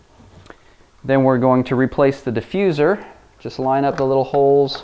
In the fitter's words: push it down give it a little bit of a quarter turn till it clicks into place